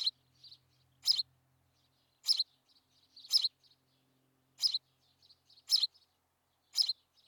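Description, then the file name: House sparrow repeating sharp chirps about once a second with quieter chattering notes in between; a faint low hum at the start. "Passer domesticus"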